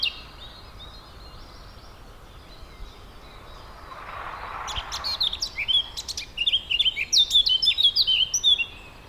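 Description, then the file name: Eurasian blackcap, a brief soft rushing noise, then a lively warbled phrase of rapid chirps and flute-like whistles in the last few seconds. "Sylvia atricapilla"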